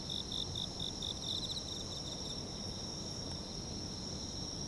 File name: Japan Kashiwa Town Night Bug 2 MS 96 Khz 24 Bit